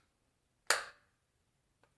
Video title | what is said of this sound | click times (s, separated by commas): Bright Blue & Pink With My Pan Those Eyeshadows Draws | very satisfying little click there | 0.7 s